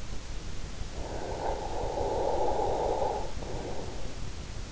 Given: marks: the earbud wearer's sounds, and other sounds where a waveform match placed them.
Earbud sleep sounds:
sounds in sleep by an in-ear microphone; snoring breath
0.88-4.30 s: snoring breath

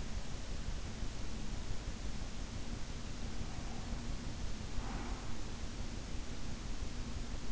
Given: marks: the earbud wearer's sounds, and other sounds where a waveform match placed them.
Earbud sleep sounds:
sounds in sleep by an in-ear microphone; breath
3.40-5.41 s: breath

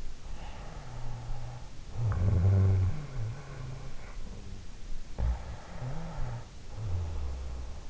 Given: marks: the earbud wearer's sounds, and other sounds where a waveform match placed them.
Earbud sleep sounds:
sounds in sleep by an in-ear microphone; snoring breath
0.67-4.16 s: snoring breath
5.00-7.90 s: snoring breath

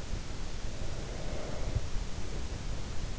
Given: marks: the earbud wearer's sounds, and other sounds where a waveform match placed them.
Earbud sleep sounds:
sounds in sleep by an in-ear microphone; breath
0.40-3.16 s: breath

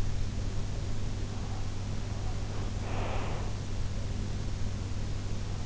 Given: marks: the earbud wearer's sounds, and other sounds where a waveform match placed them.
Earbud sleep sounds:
sounds in sleep by an in-ear microphone; breath
2.18-3.58 s: breath

